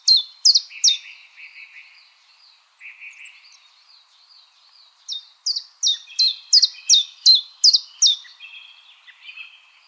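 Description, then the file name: Common chiffchaff song: a few quick high notes, a stretch of soft lower chattering, then a steady series of about eight sharp, downslurred chiff-chaff notes. "Golosa ptic - Penochka-tenkovka Phylloscopus collybita"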